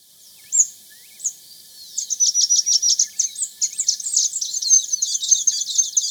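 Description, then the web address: Scrub tanager calls: two isolated high chips, then a fast, continuous series of sharp, high-pitched twittering notes. Ecuador. "Birds of Ecuador. Scrub Tanager"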